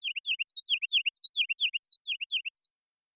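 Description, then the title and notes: Ruby-crowned kinglet song: loud, bouncy phrases of falling notes, each ending on a higher note, repeated several times. Series of full songs, short songs and phrases; parabolic single-species recording, clean-processed with natural rhythm, pace and dynamics kept; Pacific Northwest, Washington, United States. "BIRDSong Kinglets - RubyCrowned Kinglet Song. Ruby-crowned Kinglet, Regulus calendula, song performance with a series of full songs, short songs, and phrases. Recorded in the beautiful Pacific Northwest in Washington, Unister States"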